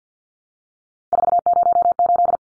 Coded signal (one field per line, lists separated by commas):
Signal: Morse code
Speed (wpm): 49 wpm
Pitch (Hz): 700 Hz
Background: none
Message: 408